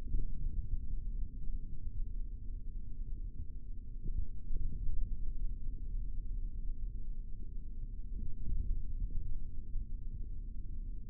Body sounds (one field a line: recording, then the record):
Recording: forearm muscle sounds (acoustic myography)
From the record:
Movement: index flexion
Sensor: system 3, bracelet of six PUI Audio POM-2738L microphones around the upper forearm, with dedicated amplification and filtering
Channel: 3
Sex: male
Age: 23 years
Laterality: right